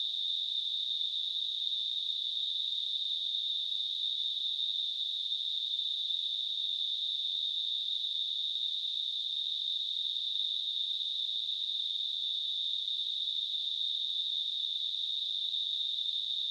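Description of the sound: Simulated tinnitus: a steady, continuous high-pitched hiss, a narrow band of noise centred around 3–4 kHz, unchanging throughout, with no low-frequency content.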